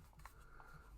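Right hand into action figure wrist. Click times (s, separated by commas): 0.3 s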